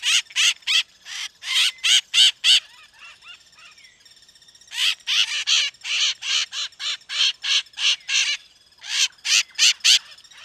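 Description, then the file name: Bird calling in bursts of loud, harsh rasping notes, several per second, with a brief lull of soft chatter between the bursts. "SABIOD 50 bird 2015"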